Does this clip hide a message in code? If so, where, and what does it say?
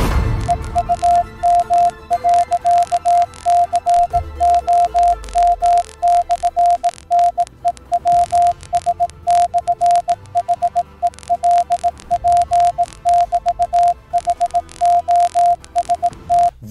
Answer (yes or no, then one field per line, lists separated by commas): yes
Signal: Morse code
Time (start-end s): 0.5-16.5 s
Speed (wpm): 18 wpm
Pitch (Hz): 700 Hz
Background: none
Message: EUM.COM/NEWS/HELP<BT>HOST